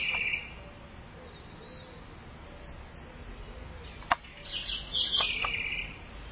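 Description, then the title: Southern house wren: the tail of one phrase, then a full rapid phrase of high jumbled notes, with a single click before it. "cURRUIRA"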